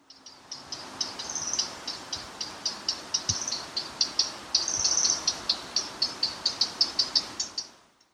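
Eurasian blackcap alarm, hard dry tac clicks repeated about three times a second in a steady series, over faint background hiss.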